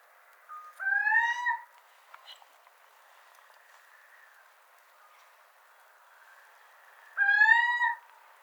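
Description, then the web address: Little owl giving two rising, mewing calls with a nasal, harmonic quality, about six seconds apart, with a quiet background between them. "athene noctua call"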